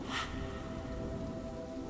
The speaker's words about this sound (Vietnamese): toàn thân phát ra một màu sáng nhợ nhợ, hệt như ma trời, đứng dưới trời mưa lạnh lẽo.